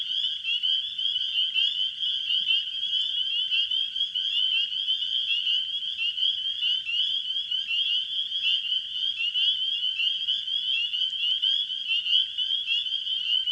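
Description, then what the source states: Spring peepers in a dense chorus, countless high, piping peeps overlapping steadily without pause, a continuous shrill ringing throughout. Spring peepers calling in a wetland in spring.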